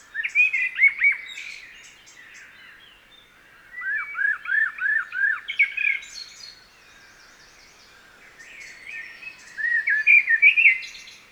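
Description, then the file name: Common blackbird singing warbled phrases, including a run of four or five quick arched notes, with high rattling twitters between phrases. "Turdus merula"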